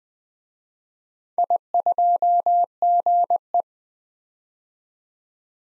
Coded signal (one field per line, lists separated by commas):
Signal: Morse code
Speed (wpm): 20 wpm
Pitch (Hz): 700 Hz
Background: none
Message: I2GE